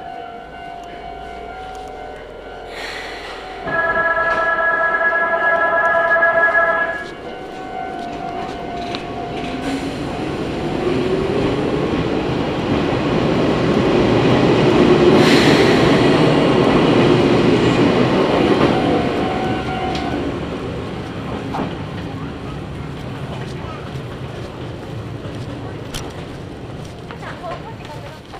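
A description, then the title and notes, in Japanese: A train on the Izuhakone Railway Daiyūzan Line runs between stations, its low rumble of wheels on track swelling to a peak around fifteen seconds and easing off toward the end. From about four to seven seconds a steady two-tone chime sounds, and a faint whine lingers in the background. 伊豆箱根鉄道 大雄山線 穴部→塚原→五百羅漢。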